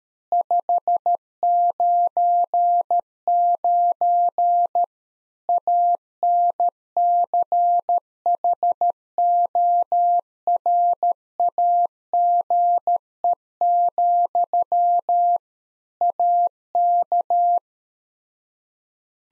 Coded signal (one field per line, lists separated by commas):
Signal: Morse code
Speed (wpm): 13 wpm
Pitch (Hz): 700 Hz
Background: none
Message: 599 ANCHORAGE, AK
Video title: Practice QSO - Complete One-Sided - 13wpm